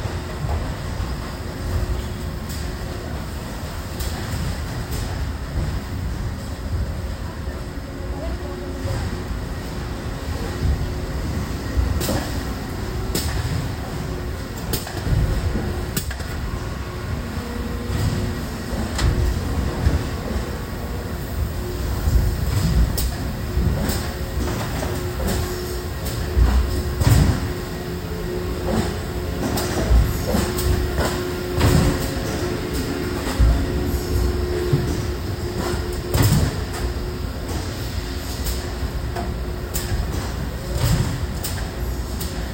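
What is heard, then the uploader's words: Machinery runs with a steady low rumble and a hum, broken by frequent sharp clunks and clicks spread throughout, plus faint hissing. The satisfying sounds of pops, beeps, clunks, and hisses as machines and equipment are put into action.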